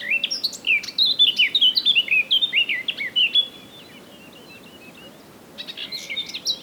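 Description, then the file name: Eurasian blackcap song: a lively run of whistled, looping notes for about three seconds, then quiet before a brief scratchy phrase begins. "Sylvia atricapilla"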